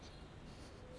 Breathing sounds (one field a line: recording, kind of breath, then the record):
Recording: one breath in and out by a microphone near the nose and mouth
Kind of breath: strong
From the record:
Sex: male